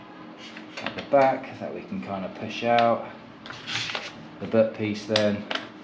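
Someone talks while handling the third section of a Cobra Adder semi-automatic crossbow magazine assembly by EK, which goes onto the crossbow body and is secured by a small locking lug at the back. A few faint handling taps are heard under the talking, and nothing has seated or clicked into place yet.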